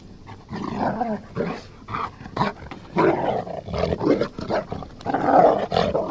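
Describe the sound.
Golden Retriever growling in rough, throaty bursts that swell and fade in quick succession.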